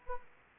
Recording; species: mosquito wingbeat signal from an infrared sensor; Anopheles arabiensis